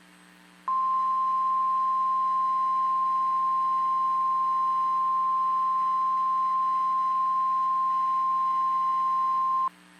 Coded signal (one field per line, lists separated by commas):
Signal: Emergency Alert System (SAME) tones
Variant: 1050 Hz attention tone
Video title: Severe Thunderstorm Watch Texas Noaa Weather Radio Station WXK 38 Amarillo TX 8/25/26